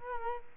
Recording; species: mosquito wingbeat signal from an infrared sensor; Culex quinquefasciatus